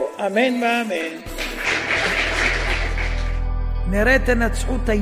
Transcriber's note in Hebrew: הקהל מוחא כפיים